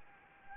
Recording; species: mosquito wingbeat signal from an infrared sensor; Anopheles gambiae